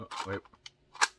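An FN 509 Tac pistol with a TLR-8 weapon light is pushed into a freshly formed kydex holster made on a mold for the TLR-7, while someone talks. A sharp snap at 0.7 s confirms the pistol has seated in the holster's retention.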